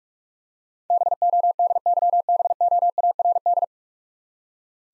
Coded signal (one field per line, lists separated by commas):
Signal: Morse code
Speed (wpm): 45 wpm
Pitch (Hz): 700 Hz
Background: none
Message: BODYBOARD